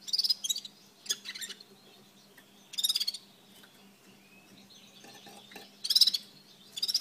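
Red-fronted serin giving short bursts of high, jangling twitters separated by quiet gaps.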